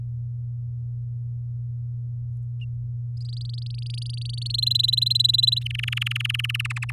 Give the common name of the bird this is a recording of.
Domestic Canary